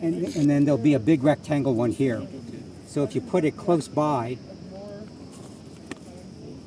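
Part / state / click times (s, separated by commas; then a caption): cable connector plug into geophysical instrument socket / seated / 5.9 s. A keyed cable connector plug, which fits only one way, is lined up by its big rectangular key and pushed into the socket on field geophysical equipment while someone talks. A single sharp click at 5.9 s shows the connector has seated.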